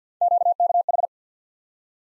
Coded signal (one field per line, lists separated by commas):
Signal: Morse code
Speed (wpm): 50 wpm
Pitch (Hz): 700 Hz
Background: none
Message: QKH